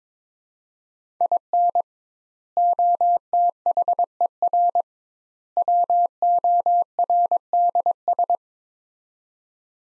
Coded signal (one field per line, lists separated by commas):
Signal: Morse code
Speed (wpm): 22 wpm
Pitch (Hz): 700 Hz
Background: none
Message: IN OTHER WORDS